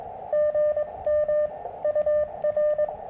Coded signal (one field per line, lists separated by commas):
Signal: Morse code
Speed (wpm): 22 wpm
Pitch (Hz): 600 Hz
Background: radio noise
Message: GM UR